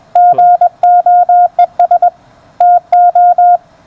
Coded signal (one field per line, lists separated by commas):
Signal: Morse code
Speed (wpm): 21 wpm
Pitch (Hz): 710 Hz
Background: none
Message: GOES TO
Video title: The WBR Regen on The 30M Amateur Band